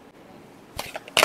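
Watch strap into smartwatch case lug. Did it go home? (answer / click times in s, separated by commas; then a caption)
yes / 1.2 s. A watch strap with a quick-fit mechanism of two hooks and a clip is pressed into the lug of a Samsung Galaxy Watch Ultra smartwatch case, fitting in by pressing rather than sliding in sideways. After a quiet stretch, a few faint ticks and taps lead to a sharp click at 1.2 s as the strap seats in the lug.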